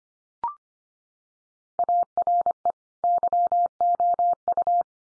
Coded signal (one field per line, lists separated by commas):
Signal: Morse code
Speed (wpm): 25 wpm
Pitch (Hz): 700 Hz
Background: none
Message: ARE YOU